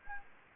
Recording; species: mosquito wingbeat signal from an infrared sensor; Anopheles gambiae